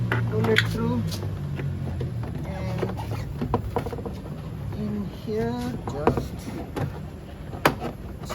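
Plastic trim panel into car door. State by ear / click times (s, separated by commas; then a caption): seated / 7.7 s. Someone talks while a plastic door trim piece is pressed onto a car door during reassembly after the lock actuator was replaced, with small knocks and handling noises along the way. A sharp snap at 7.7 s marks the trim seating into place.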